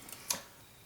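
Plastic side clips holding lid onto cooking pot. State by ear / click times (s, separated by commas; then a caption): released / 0.3 s. Plastic clips on either side of the stainless steel lid of a Zebra billy pot are unlocked so they swing aside and the lid lifts off. A faint tick at 0.1 s comes before a sharp, bright click at 0.3 s that fades quickly into quiet. The clips are released.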